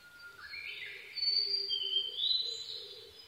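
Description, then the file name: Blue-and-white flycatcher phrase: rising whistles climb into a bright, high warble with a thin top note. Recorded 22 May 2011 at 04:34. "ooruri-20110522-0434"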